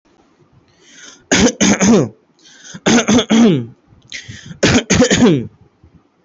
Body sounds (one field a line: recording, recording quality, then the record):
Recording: shallow voluntary cough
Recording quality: excellent, no background noise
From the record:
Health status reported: healthy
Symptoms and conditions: cold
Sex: male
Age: 22 years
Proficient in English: yes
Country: India